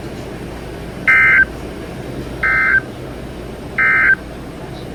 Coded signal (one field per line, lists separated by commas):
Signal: Emergency Alert System (SAME) tones